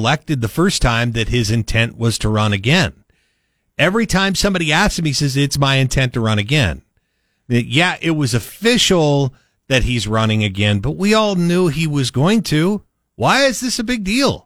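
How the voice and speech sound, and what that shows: A man speaks fluently in a clear, steady voice at a mid-low pitch and a conversational pace, with natural pauses between phrases. The voice shows no hoarseness, slurring or stuttering; ordinary speech.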